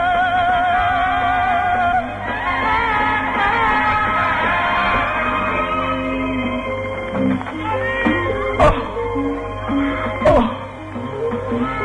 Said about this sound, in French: Aujourd'hui, je crie. Aujourd'hui, je crie. Je crie.